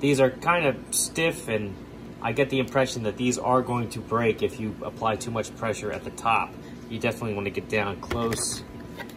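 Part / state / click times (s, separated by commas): plastic ball joint of a figure accessory into its socket / not seated / none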